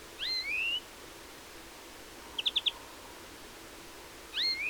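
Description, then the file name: European greenfinch giving a rising whistled call, then a quick burst of four chattering notes, then another rising whistle at the end. "Chloris chloris"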